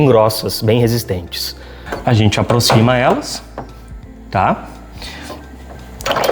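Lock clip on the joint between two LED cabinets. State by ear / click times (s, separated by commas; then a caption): seated / 6.1 s. Someone talks while two metal LED cabinets are brought together. The lock clip on the joint between them is pushed to the side and clicks sharply at 6.1 s as it passes the lever, seating the clip.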